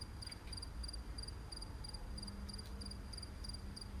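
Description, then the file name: Cicada chirping: short doubled high-pitched pulses repeated steadily over a low rumbling background. "Zikade"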